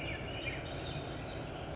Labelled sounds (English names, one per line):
Swainson's Thrush